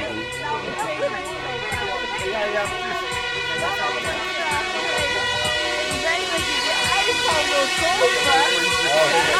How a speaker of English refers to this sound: Ah, we got sirens.